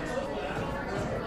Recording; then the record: background sound without coughing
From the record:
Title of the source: 60 minutes of coffee shop sounds for study and concentration